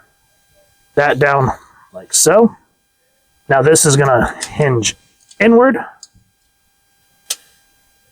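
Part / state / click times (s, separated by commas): hinged plastic panel into the action figure's body / seated / 7.3 s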